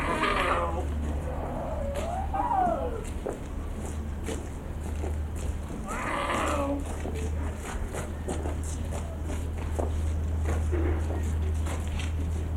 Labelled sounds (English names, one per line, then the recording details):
Puma
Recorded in captivity
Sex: diverse
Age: adult
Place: Tierpark Berlin, Berlin, DE
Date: 1992-10-31 10:39
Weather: sonnig bis heiter, -2 bis 3°C
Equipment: Marantz CP 430, Sennheiser ME 80, Kopie Tesla B 116
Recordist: Tembrock, Günter